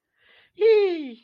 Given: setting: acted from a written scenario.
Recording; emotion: vocal sound without words; elation